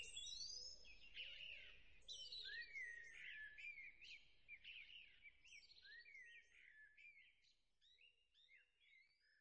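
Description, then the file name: Bird song, quiet high whistled and warbled phrases tumbling one after another, fading toward the end. "naturelax birds"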